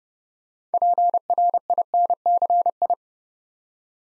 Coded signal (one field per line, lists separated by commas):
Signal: Morse code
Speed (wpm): 30 wpm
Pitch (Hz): 700 Hz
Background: none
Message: PRINCI